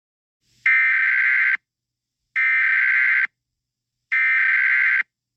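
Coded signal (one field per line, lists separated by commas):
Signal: Emergency Alert System (SAME) tones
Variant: header bursts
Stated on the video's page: Fictional EAS scenario, not a real alert.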